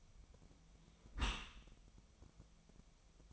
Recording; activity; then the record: daily activity, microphone in the room; close dishwasher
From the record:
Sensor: 1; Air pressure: 1004.8 hPa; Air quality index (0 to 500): 104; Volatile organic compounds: 3 ppm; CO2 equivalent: 1426 ppm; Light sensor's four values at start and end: 9/22/8/9 and 9/22/8/9